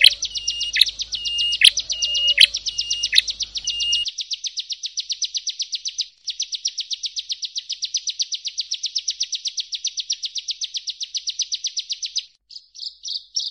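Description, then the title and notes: Prinia song, a high ticking trill with sharp chips, then a long, even, rapid pulsed trill that stops briefly and resumes. Compilation of ciblek and prenjak birdsong intended for masteran, tutoring captive songbirds. "Kompilasi Suara Ciblek Prenjak Cocok Untuk Masteran. Kicau Burung Prenjak Ciblek"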